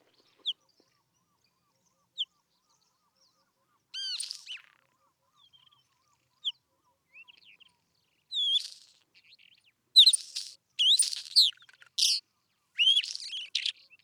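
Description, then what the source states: Isabelline Wheatear song: a few isolated high whistled notes, then bursts of varied scratchy, chattering phrases mixed with clear whistles, growing busier toward the end. Recorded at Telmen Nuur, Mongolia.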